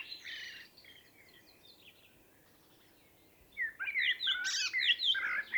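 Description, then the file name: Common blackbird song: a soft warbled phrase, a lull of faint thin notes, then a loud, busy stretch of mellow whistles and high chattering squeaks. "Turdus merula"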